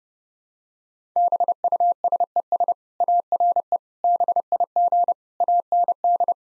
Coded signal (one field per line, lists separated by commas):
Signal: Morse code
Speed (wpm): 30 wpm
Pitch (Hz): 700 Hz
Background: none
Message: BUSES ARE BIG AND